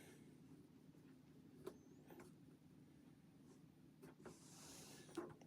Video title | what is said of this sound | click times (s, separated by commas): Toshiba SD-4100 Review (October20,2025) #dvdplayer #toshiba #2025 | Almost, I can't seem to get it in there because I keep pushing the cord in there to get it to snap into place. | none